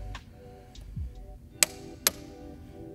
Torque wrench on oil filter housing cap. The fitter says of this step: now the cap is all the way closed and so we should hear our click